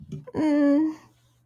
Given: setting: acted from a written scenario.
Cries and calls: vocal sound without words; distress

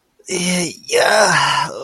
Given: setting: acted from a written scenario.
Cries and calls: vocal sound without words; distress

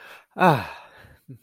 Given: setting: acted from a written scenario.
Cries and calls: vocal sound without words; pride

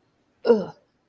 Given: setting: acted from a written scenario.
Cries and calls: vocal sound without words; disgust

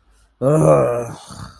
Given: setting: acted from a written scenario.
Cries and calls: vocal sound without words; shame

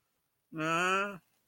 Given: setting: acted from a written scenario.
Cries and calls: vocal sound without words; sympathy

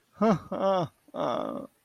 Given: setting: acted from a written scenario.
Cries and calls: vocal sound without words; pride

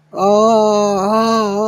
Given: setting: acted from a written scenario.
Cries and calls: vocal sound without words; distress

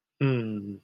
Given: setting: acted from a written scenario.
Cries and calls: vocal sound without words; sadness

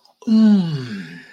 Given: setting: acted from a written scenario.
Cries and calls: vocal sound without words; contentment

